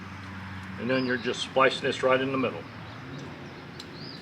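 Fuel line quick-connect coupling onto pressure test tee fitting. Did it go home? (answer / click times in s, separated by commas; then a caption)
yes / 3.8 s. A quick-connect fuel line fitting is pushed onto the pressure test tee spliced into a zero-turn mower's EFI fuel line while someone talks. A single short click at 3.8 s marks the coupling locking in place on the fitting.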